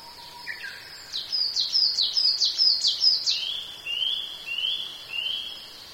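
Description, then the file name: Japanese tit calls: a fast string of high, sharp downslurred notes, then four evenly spaced, buzzy, lower drawn notes. "shijukara"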